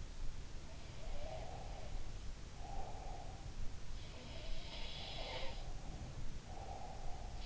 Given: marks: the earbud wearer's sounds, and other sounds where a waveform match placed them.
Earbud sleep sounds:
sounds in sleep by an in-ear microphone; breath
1.13-3.58 s: breath
4.62-7.45 s: sound from someone else or the room
5.00-7.45 s: breath

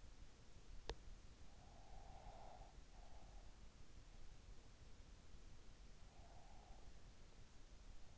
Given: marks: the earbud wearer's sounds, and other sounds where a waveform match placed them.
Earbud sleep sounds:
sounds in sleep by an in-ear microphone; breath
1.56-3.52 s: breath
6.02-7.10 s: breath

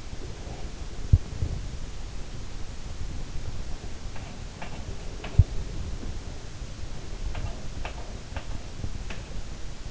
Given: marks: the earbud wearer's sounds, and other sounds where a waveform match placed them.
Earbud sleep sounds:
sounds in sleep by an in-ear microphone; breath
0.00-1.85 s: breath
3.79-5.60 s: sound from someone else or the room
7.14-9.42 s: sound from someone else or the room

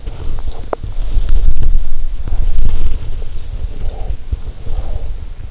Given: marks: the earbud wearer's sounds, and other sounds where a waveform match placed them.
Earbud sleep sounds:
sounds in sleep by an in-ear microphone; body movement, breath
0.09-3.12 s: body movement
3.75-4.12 s: breath
4.69-5.29 s: breath

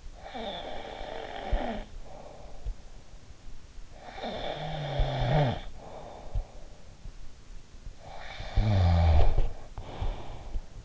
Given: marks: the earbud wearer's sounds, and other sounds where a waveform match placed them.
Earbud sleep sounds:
sounds in sleep by an in-ear microphone; snoring breath
0.00-2.40 s: snoring breath
3.67-6.85 s: snoring breath
8.05-10.84 s: snoring breath

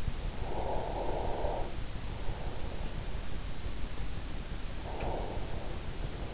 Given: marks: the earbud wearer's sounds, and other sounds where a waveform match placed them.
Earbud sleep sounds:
sounds in sleep by an in-ear microphone; breath
0.42-2.82 s: breath
4.68-6.12 s: breath

